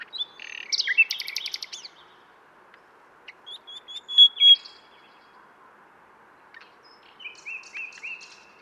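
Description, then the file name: Common nightingale song: a chattering trill, a gap, then two loud piping whistles and soft scattered notes. "Luscinia megarhynchos"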